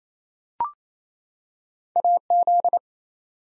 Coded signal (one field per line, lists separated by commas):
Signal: Morse code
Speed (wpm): 29 wpm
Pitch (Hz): 700 Hz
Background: none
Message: AZ